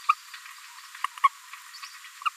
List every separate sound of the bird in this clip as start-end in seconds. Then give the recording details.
0.08-0.15, 1.23-1.29, 1.82-1.89. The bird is a female. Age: 22 days. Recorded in a nest box in Venezuela. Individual 17B73B3